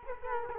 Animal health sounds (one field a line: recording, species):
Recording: mosquito wingbeat signal from an infrared sensor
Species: Culex quinquefasciatus